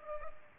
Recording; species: mosquito wingbeat signal from an infrared sensor; Culex pipiens